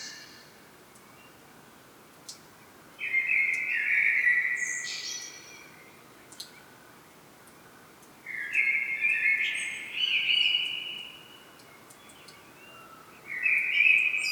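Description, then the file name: Common blackbird song: two mellow warbled phrases, each ending in a thin, high, squeaky twitter, with pauses of several seconds between them, and a third phrase starting at the end. "Turdus merula"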